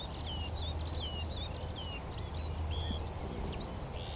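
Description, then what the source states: Eurasian skylark song: scattered thin slurred whistles and chirps over a steady low rumble. Chorus of skylarks rising from young barley, singing exultantly while climbing ever higher into cloudy sky; vast open field, northern edge of the Cotswolds, South Warwickshire.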